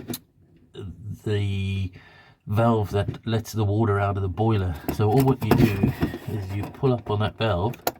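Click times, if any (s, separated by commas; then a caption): none. Someone talks while handling the red-topped drain valve on a motorhome water boiler, which is pulled up by hand to latch it in place and stop water draining out of the van. A brief sharp sound is heard at 0.1 s and a faint one at the very end, but the valve has not yet clicked or seated.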